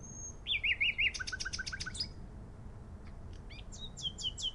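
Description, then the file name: Common nightingale song: a thin high whistle, then a run of looping rising-falling notes, a rapid stuttering series of short notes, and a final burst of sharp high repeated strokes. "Luscinia megarhynchos"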